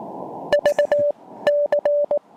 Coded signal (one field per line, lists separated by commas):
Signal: Morse code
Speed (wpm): 19 wpm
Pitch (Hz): 590 Hz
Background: none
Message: VC